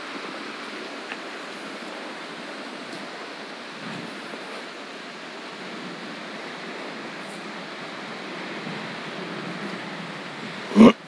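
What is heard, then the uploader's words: Michigan beach sounds: a steady, dense wash of surf-like hiss runs through the whole clip, with gentle swells around four seconds and again near nine. Just before the end, a single sharp, loud knock or thump cuts through the noise. The ebbing waves of Lake Michigan. This session was recorded with the Zoom F3 and DPA Binaural headset. Classic Michigan beach sounds.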